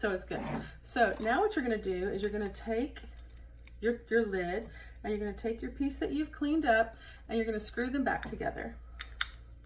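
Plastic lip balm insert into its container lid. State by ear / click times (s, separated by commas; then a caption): seated / 9.2 s. Someone talks while the cleaned plastic inner piece of a clip-on lip balm container is screwed back onto its plastic lid. A sharp plastic click at 9.2 s marks the parts seating together.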